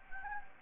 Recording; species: mosquito wingbeat signal from an infrared sensor; Anopheles gambiae